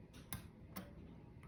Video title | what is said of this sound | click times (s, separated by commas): Letting Down a Clock’s Mainsprings / Ollie Baker Mainspring Winder / Zip Ties | and just in time that thing clicks back in place | 0.3 s